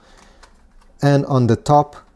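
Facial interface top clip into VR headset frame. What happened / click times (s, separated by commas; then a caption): The plastic part is being handled but has not snapped into place yet / none. The top clip of a plastic/silicone facial interface is handled against a Meta Quest 3 headset frame, with faint taps around 0.4 and 0.8 seconds, and then someone talks. Nothing has seated or clicked yet; the part is not yet home.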